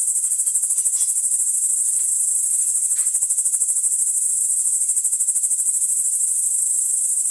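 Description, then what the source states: Crickets chirping in a dense, fast pulsing chorus of very high notes, a steady shimmering trill with no pauses. Crickets recorded in the Emmental.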